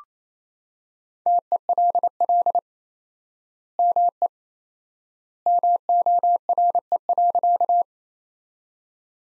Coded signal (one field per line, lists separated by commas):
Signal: Morse code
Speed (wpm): 28 wpm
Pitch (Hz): 700 Hz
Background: none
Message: TELL ME MORE.